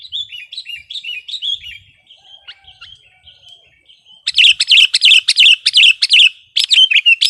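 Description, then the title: Sooty-headed bulbul song: a soft run of slurred whistled notes, a quieter stretch, then louder rapid chirping bursts in quick succession. "kutilang"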